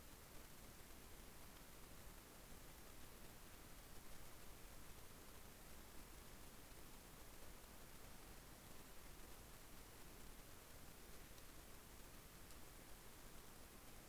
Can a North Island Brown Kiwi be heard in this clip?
no